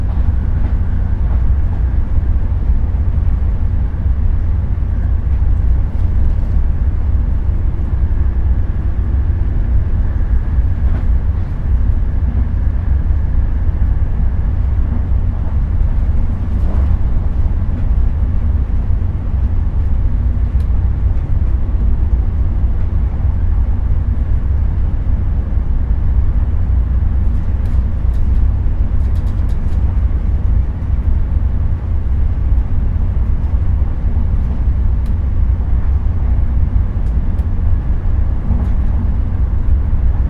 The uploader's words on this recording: Thello Sleeper train. From Paris to Venice. Every subtle creak and rumble of the sleek carriages. The subdued rattling of the carriages. Sleeper Train to Venice. Peaceful train travel.